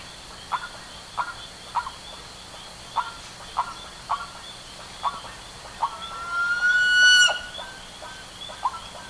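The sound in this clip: Bird calls: short clipped notes repeated roughly every half second, broken near the end by a long, steady whistled tone before the notes resume.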